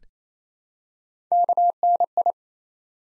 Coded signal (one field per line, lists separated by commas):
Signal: Morse code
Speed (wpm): 27 wpm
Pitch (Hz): 700 Hz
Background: none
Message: KNI